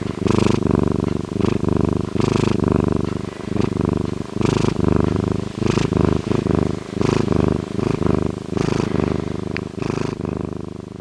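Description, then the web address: Bobcat giving a sustained low purr, rhythmic rumbling phrases with soft breathy pulses throughout. "Bobcat Purring"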